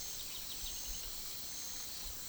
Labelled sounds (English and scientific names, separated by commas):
none